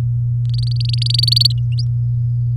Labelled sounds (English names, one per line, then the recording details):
Domestic Canary song
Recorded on 4 May 2018 at 14:55
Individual llb16